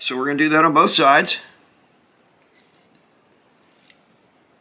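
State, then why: Seated. Someone talks during the first second and a half while a Walther P38 pistol recoil spring guide rod is pushed back along the steel slide. Faint handling noises follow, then a sharp click at 3.9 s as the end of the guide rod pops down into its seat in the slide and locks in place.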